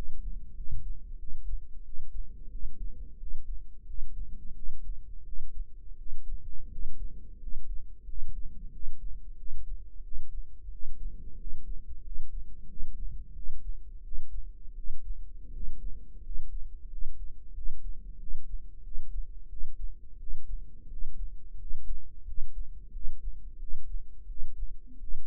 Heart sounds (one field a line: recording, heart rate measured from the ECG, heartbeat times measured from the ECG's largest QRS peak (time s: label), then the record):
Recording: heart sounds by microphone in the right ear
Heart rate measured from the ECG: 88 bpm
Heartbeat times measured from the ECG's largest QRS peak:
0.55 s: heartbeat
1.18 s: heartbeat
1.84 s: heartbeat
2.50 s: heartbeat
3.18 s: heartbeat
3.86 s: heartbeat
4.54 s: heartbeat
5.24 s: heartbeat
5.96 s: heartbeat
6.69 s: heartbeat
7.39 s: heartbeat
8.05 s: heartbeat
8.71 s: heartbeat
9.36 s: heartbeat
10.02 s: heartbeat
10.70 s: heartbeat
11.37 s: heartbeat
12.02 s: heartbeat
12.67 s: heartbeat
13.34 s: heartbeat
14.02 s: heartbeat
14.75 s: heartbeat
15.51 s: heartbeat
16.21 s: heartbeat
16.88 s: heartbeat
17.53 s: heartbeat
18.18 s: heartbeat
18.82 s: heartbeat
19.48 s: heartbeat
20.18 s: heartbeat
20.88 s: heartbeat
21.57 s: heartbeat
22.25 s: heartbeat
22.91 s: heartbeat
23.58 s: heartbeat
24.27 s: heartbeat
24.98 s: heartbeat
From the record:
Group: healthy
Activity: rest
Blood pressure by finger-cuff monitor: 92/52 mmHg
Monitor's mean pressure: 63 mmHg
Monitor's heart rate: 89 bpm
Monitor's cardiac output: 8.2 L/min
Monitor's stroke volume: 92 mL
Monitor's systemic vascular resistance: 540 dyn s/cm5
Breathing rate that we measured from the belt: 13 breaths a minute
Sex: male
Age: 23 years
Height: 179 cm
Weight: 87 kg